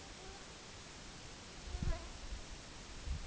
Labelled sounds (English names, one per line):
none